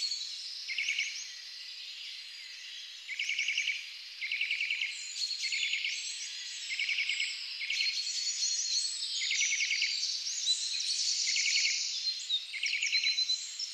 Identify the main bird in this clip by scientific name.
Sitta europaea